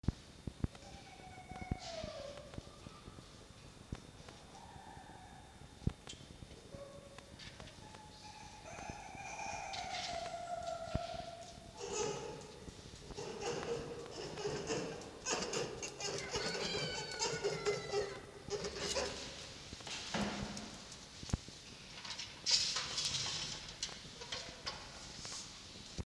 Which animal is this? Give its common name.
Red Fox